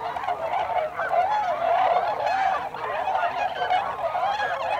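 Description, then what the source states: Tundra swans calling together, a thick wash of bugling honks with one drawn-out wavering note rising above the flock. Several birds, recorded 26 December 2020.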